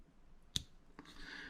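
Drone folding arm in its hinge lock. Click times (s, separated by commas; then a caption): 0.6 s. A plastic folding arm on a Voyage Aeronautics VA 2080 micro foldable drone is folded into position and snaps into its hinge lock with a sharp click at 0.6 s. A fainter tick follows at 1.0 s, then a soft rising hiss. The arm is locked in place.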